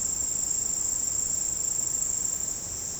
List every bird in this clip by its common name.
none